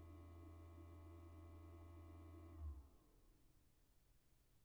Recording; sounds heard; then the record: poultry house recording; no chicken sound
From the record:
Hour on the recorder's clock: 23